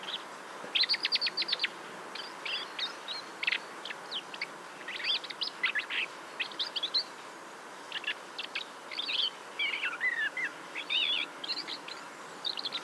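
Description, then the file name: Common blackbird calls in fast repeated chips and chatters, with a few slurred, falling whistles later on, in irregular bursts. "Turdus merula"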